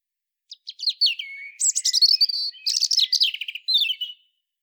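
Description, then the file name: European robin singing a rich phrase of high sliding whistles running into rapid, tinkling trills, lasting nearly four seconds. "Erithacus rubecula"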